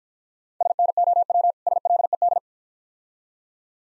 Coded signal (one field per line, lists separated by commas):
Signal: Morse code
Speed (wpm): 50 wpm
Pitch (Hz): 700 Hz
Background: none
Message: SNOW SLED